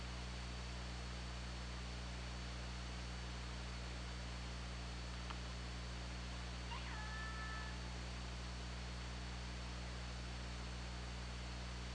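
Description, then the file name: Killer whale call: a single brief call that sweeps down and then holds a steady tone with harmonics, heard once over constant underwater hiss and low hum. Recorded on an OrcaLab hydrophone, 24 August 2017, around 19:51. "Orca Lab UTLN JASON 20170824 195107"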